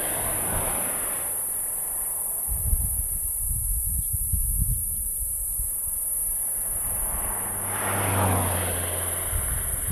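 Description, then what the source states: Platypleura cicada song, a constant shrill buzz running throughout, over low rumbling noise. Recorded 20 km west of Swellendam along the R324 road, Western Cape, South Africa; identified as Platypleura cf. catenata.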